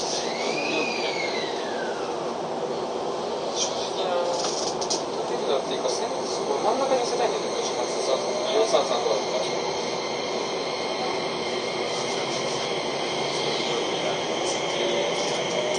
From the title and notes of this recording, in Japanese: 京王5000系 本八幡〜橋本。日中に運転が行われている都営新宿線 本八幡〜京王相模原線 橋本の運用を録音しました。都営新宿線は各停で京王線は区間急行となる。